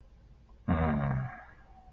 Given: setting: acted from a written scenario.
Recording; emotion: vocal sound without words; disappointment